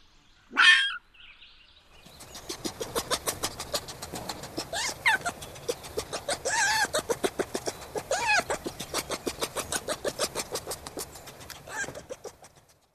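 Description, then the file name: Red fox giving one sharp, high cry, then a long, rapid series of short, rasping pulses, with a few louder, strained notes among them. "red fox lang elliott"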